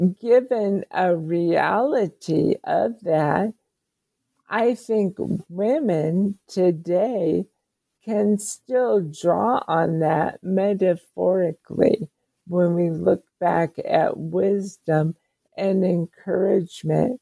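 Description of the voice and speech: A woman speaks slowly, about 25 words in 17 seconds, with frequent pauses, drawn-out sounds and occasional creaky voice. Her words stay clear, though her talking is limited. The slowed, effortful rate fits mild dysarthria from ALS, diagnosed about seven years earlier and progressing very slowly.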